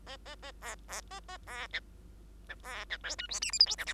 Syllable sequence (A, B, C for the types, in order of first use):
A A A B B A A B C C B C D E F G H I J K L